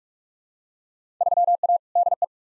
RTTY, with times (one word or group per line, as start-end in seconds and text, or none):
none